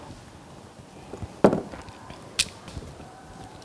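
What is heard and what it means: An RJ45 plastic connector is crimped onto the end of a twisted-pair network cable with a crimping tool, its wires inserted and locked. A sharp crunching click lands at 1.4 s, followed by a brighter high-pitched tick around 2.4 s, over low background noise. The connector is seated and locked tight.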